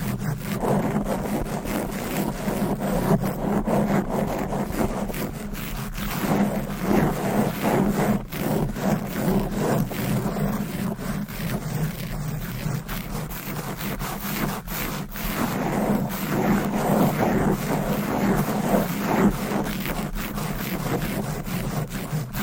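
Fast, aggressive scratching right against a microphone, a dense rough rubbing that never lets up for the whole stretch. The scrapes come in quick irregular strokes over a heavy low rumble, with sharp brief clicks and crackles scattered throughout.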